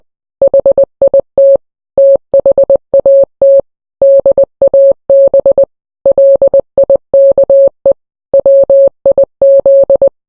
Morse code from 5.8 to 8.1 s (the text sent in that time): LIKE